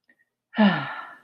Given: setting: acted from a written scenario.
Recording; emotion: vocal sound without words; pride